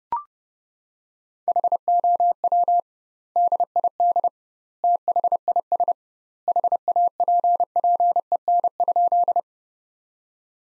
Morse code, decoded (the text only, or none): HOW DID THIS HAPPEN?